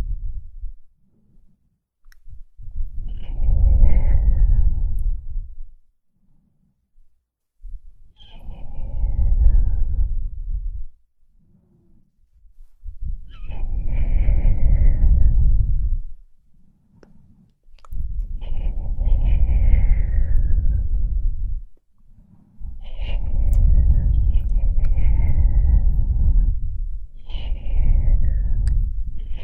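Slow breaths blown into the ear, each a soft, rushing gust lasting two to three seconds, repeating about every five seconds. The breaths are deep and airy with a faint whistling edge, separated by near-silent pauses with small puffs of air.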